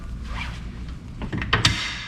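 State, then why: Seated. On a raised bimini top on a 2022 Sea-Doo Switch watercraft, the frame latches are pushed to lock the frame into its mounting latch. A low, steady rumble with light rustling leads into a few soft knocks around 1.2 to 1.4 seconds, then two sharp clicks at 1.5 and 1.7 seconds as the bimini frame seats and locks in.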